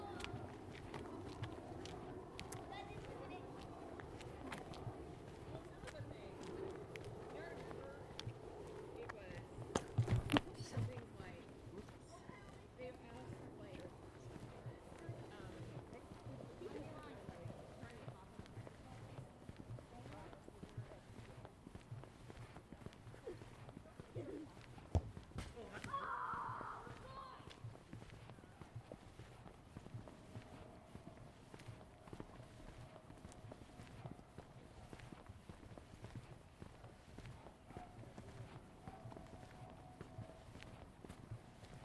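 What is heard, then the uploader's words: A stroll through a Seattle neighborhood, with footsteps and a low steady hum of city noise throughout. Voices murmur in the first fifteen seconds, sharp knocks land near ten and twenty-five seconds, and a brief higher tone rises around twenty-six seconds. Stroll in the neighborhood of the Tintinabulary, Seattle.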